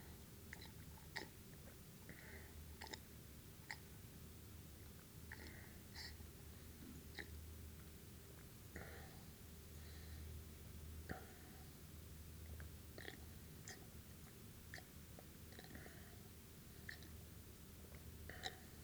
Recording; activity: daily activity, guitar pickup as the sensor; drink water